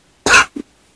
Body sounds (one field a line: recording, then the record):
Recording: coughing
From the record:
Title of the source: 64 coughing, allergies, singing lungs